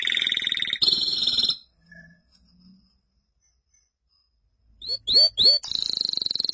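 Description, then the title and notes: Canary song: a bright trill that breaks off into near silence, then resumes with a few sharp rising chirps and another fast trill. "BM Suara Kenari. BM Suara Burung Kenari"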